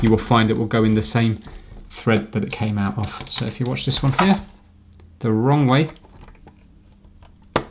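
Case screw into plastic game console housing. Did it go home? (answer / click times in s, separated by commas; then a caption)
yes / 7.6 s. Someone talks while a case screw is turned backwards (anticlockwise) into the plastic bottom case of a PS2 Slim game console, with a few faint ticks as it turns. At 7.6 s a single sharp click is heard as the screw drops into the original thread it cut, so it is seated and ready to be screwed in.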